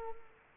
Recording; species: mosquito wingbeat signal from an infrared sensor; Culex quinquefasciatus